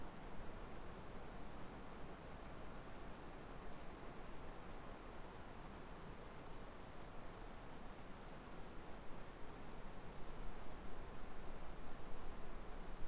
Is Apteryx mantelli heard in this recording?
no